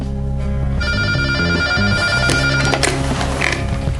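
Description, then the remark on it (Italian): A telephone rings at night with a steady, bright electronic tone that starts after a brief pause and holds on, layered over shifting low musical notes, with no one speaking. “Quella stessa notte squillò il telefono.”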